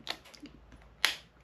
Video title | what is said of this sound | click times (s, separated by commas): GoPro must have! Best general purpose accessory for GoPro | hear the snap once you hear that snap | 1.1 s